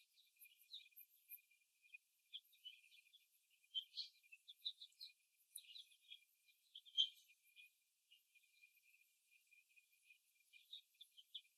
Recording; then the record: young laying hens in a cage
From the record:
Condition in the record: before the stressor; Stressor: simulated dog barking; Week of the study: 1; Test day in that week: 2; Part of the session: 1